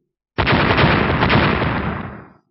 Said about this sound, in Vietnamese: Những tiếng va chạm liên tục vang lên, trên tấm lá chắn hình tròn bằng đá có ánh sáng trắng nổ tung, kích thích tạo ra thành từng cái vòng dao động nguyên khí, chấn động tới mức thân thể Thạch Mục liên tiếp lùi về phía sau.